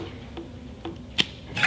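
A plastic toy lightsaber blade is being pushed into a fully assembled lightsaber hilt, with soft handling taps near 0.4 s and 0.9 s, a sharp brief sound at 1.2 s, and a louder scraping rustle from about 1.6 s to the end. The blade has not seated or clicked into the hilt yet.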